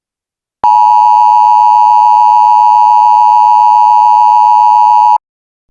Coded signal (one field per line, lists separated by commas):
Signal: Emergency Alert System (SAME) tones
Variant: 853 and 960 Hz attention tone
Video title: The Motaco Armageddon [EAS SCENARIO]